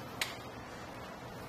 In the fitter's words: you should hear it click in place